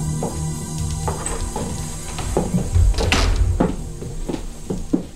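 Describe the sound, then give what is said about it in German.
A house door is opened with a series of clicks, creaks and soft thumps, a fuller rumbling bump midway, then scattered knocks and shuffling as three people come in, entering the house where the star Dilla Rourke lived, without any talking. “Deshalb traten die drei kurzerhand ein.”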